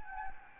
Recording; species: mosquito wingbeat signal from an infrared sensor; Anopheles gambiae